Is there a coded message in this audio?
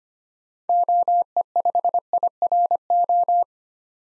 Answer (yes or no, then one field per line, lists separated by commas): yes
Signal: Morse code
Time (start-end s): 0.7-3.4 s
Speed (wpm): 25 wpm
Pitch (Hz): 700 Hz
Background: none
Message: OE5IRO